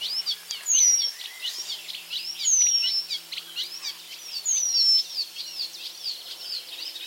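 Eurasian penduline tit calls: thin, high, descending whistles repeated about every two seconds over a busy chorus of other songbirds.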